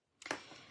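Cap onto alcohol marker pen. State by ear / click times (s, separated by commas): seated / 0.3 s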